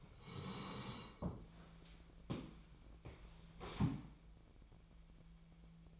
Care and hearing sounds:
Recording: daily activity, microphone in the room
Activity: sit down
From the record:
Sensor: 1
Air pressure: 1000.4 hPa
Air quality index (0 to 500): 179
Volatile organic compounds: 4 ppm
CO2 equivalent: 1656 ppm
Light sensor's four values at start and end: 12/29/12/14 and 12/29/12/14

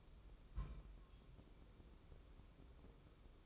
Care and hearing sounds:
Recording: daily activity, microphone in the room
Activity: place on stove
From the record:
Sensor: 1

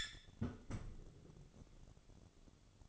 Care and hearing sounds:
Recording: daily activity, microphone in the room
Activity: close fridge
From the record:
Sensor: 4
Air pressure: 1008.6 hPa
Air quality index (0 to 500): 76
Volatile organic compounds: 1 ppm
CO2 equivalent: 636 ppm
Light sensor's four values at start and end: 13/29/12/12 and 15/33/13/13

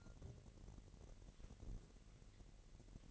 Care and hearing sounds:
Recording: daily activity, microphone in the room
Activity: take from stove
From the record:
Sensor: 4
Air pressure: 1012.8 hPa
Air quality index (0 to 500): 238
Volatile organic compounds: 4 ppm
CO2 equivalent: 1585 ppm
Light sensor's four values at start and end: 28/66/27/27 and 27/64/26/26

